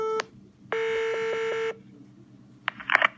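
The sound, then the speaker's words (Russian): Telephone keypad dialing tones as someone dials a support service: a short electronic beep, then a steadier buzzy tone lasting about a second, followed by a few brief scratchy clicks at the end. No one speaks. “Первый платеж пришел или мне сейчас набрать вайбокс? Я сейчас наберу.”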